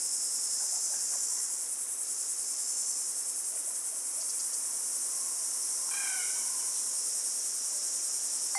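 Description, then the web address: Crickets trilling in a steady, shrill chorus; brief faint bird notes break through early on, and a short higher chirp series sounds later. Australian bush, morning, with tropical birds. "Australian Nature Sounds - Crickets Tropical Birds Morning Birds Bird Calls"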